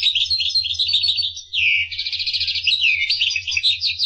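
Finch song of dense high twittering, a brief dip, then fast pulsed trills and sweeping chirps, carried over a steady low hum.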